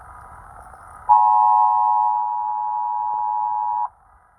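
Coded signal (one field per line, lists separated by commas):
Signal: Emergency Alert System (SAME) tones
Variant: 853 and 960 Hz attention tone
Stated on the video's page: Real Amber Alert for Virginia, received on an AM broadcast station.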